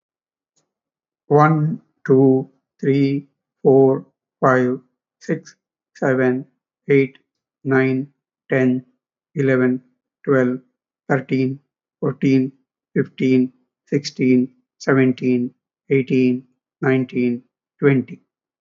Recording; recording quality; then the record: counting at a normal pace; excellent, no background noise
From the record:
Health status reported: healthy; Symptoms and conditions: none ticked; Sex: male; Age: 64 years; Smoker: not ticked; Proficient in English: yes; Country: India